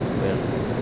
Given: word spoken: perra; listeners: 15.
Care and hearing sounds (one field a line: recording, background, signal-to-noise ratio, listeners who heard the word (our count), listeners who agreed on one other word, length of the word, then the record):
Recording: one Spanish word in noise, from a listening test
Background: speech-shaped noise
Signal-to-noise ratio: -5.9 dB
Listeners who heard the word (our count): 0 of 15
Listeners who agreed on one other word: 6 of 15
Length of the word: 0.42 s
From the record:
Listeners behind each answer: 6, 3, 2, 1, 1, 1, 1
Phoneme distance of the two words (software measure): 10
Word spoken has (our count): 2 syllables, 4 phonemes, stress on syllable 1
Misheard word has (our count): 2 syllables, 4 phonemes, stress on syllable 1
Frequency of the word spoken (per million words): 5.84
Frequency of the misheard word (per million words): 44.48